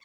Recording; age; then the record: pig call; piglet (1 to 25 days)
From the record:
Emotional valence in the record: positive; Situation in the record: reunion after long isolation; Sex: female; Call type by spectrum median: high-frequency call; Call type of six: low-frequency tonal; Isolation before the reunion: 8 minutes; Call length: 0.05 s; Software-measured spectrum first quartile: 2020 Hz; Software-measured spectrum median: 2824 Hz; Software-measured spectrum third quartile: 4350 Hz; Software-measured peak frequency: 2154 Hz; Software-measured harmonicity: 5.6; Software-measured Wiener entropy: -1.92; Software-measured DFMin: 616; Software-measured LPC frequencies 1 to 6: 1097, 2172, 3426, 4484, 5636, 6981 Hz